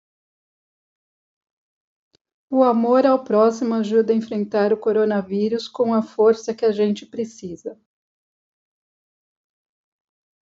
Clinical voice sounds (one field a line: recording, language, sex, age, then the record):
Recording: spoken sentence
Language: Brazilian Portuguese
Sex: female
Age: 40 to 49 years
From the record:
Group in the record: control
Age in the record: 49 years